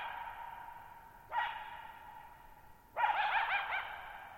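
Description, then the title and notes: Coyote bark, two harsh calls with long echo tails. Lone coyote at night, July 14, 2019, near Thirtymile Meadows, Okanogan National Forest, Okanogan High Country, Pacific Northwest, 6400 ft (1950 m); high dry plateau, shallow bowl-shaped meadow with boggy ground. "Lone Coyote at Thirtymile Meadows. I spent the night of July 14, 2019, camped near Thirtymile Meadows in the Okanogan National Forest at 6400 ft (1950 m)"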